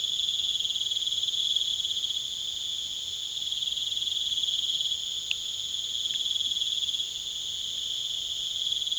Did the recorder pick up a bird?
no